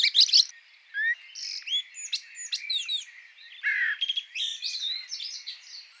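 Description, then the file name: Eurasian blackbird giving fluty downslurred whistles interspersed with thin squeaky twitters and a loud scratchy burst at the very start. "Turdus merula"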